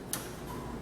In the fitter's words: and lock into place.